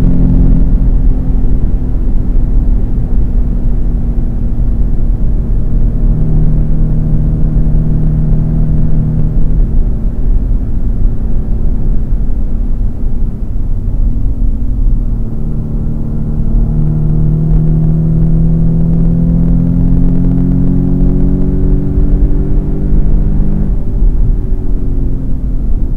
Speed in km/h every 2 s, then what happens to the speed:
172, 158, 151, 152, 151, 145, 126, 112, 124, 130, 141, 149, 129.
0-13 brakes to 112. 15-21 speeds up to 149. 21-26 slows to 129.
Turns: none.